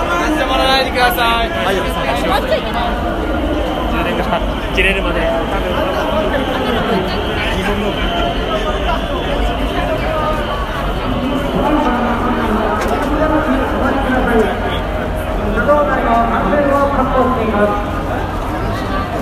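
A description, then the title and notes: A dense Halloween crowd in Shibuya fills the air with overlapping voices, a constant murmur of talking and chatter with no pauses. The level stays steady throughout, with occasional louder voices and brief shouts rising out of the mass of speech. Recorded of the sounds, noises and atmosphere at Shibuya Halloween Crowd 2021.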